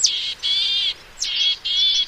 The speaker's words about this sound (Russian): А, еще я выучил позывку буроголовой гаечки, в отличие от Москвы. Там, где я живу, там много леса, и там буроголовых гаечек много. И вот у них эта позывка вообще не мелодичная.